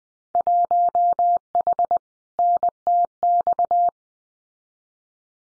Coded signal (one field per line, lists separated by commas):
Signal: Morse code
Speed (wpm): 19 wpm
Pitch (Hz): 700 Hz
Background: none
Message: 1H NTX